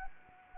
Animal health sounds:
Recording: mosquito wingbeat signal from an infrared sensor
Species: Anopheles arabiensis

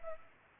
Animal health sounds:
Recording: mosquito wingbeat signal from an infrared sensor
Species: Culex pipiens

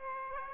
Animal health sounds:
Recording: mosquito wingbeat signal from an infrared sensor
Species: Aedes aegypti

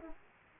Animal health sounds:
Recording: mosquito wingbeat signal from an infrared sensor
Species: Aedes aegypti

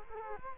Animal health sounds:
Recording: mosquito wingbeat signal from an infrared sensor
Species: Culex quinquefasciatus

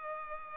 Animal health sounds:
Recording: mosquito wingbeat signal from an infrared sensor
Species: Culex pipiens

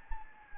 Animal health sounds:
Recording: mosquito wingbeat signal from an infrared sensor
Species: Anopheles gambiae

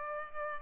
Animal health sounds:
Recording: mosquito wingbeat signal from an infrared sensor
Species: Culex pipiens

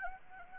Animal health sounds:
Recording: mosquito wingbeat signal from an infrared sensor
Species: Anopheles gambiae

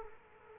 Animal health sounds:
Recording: mosquito wingbeat signal from an infrared sensor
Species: Culex quinquefasciatus

